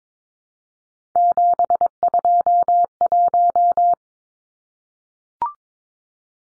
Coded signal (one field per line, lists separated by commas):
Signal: Morse code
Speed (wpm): 22 wpm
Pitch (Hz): 700 Hz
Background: none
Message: 721